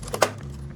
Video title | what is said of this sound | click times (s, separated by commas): Full Motion Monitor Display Pillar Mount - Installation Guide | once there's a click sound you are done you are done placing the monitor onto the mount | 0.2 s